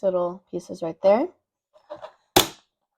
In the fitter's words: and that snap means that our room is complete